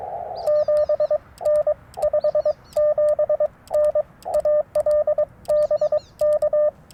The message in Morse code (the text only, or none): 7N 57N AL BK